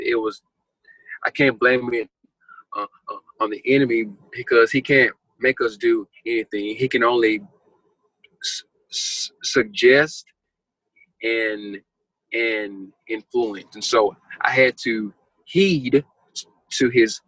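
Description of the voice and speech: A low-pitched adult male speaks slowly with frequent long pauses, one about two seconds. Before "influence" he repeats a stretched "in… in", with prolonged vowels elsewhere. These part-word repetitions and hesitations reflect a stutter he has had since childhood, one that once heavily hindered him.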